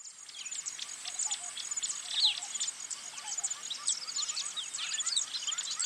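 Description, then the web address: Birds chattering in a thick chorus of quick high chirps, squeaks and downslurred notes. Birds singing in a bird park. "zvuk peniya ptits v parke ptits eschyo park ptits"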